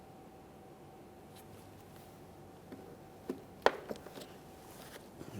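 A new parking assist sensor for a 2011-2021 Jeep Grand Cherokee is pressed into the bumper cover, and one of its two plastic locking tabs gives a sharp click at 3.7 s. Quieter small knocks follow. The second locking tab has not clicked in yet, so the sensor is only partly locked.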